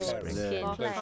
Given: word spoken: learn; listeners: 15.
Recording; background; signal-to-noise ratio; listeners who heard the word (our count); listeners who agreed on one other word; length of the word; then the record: one English word in noise, from a listening test; four-talker babble; -1.1 dB; 0 of 15; 10 of 15; 0.61 s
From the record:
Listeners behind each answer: 10, 2, 1, 1, 1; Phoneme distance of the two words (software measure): 44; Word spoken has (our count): 1 syllable, 3 phonemes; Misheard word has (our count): 1 syllable, 5 phonemes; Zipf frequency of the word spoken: 5.01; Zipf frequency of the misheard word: 4.69